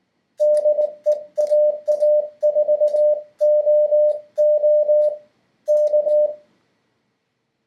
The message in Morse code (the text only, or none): DE AA4OO K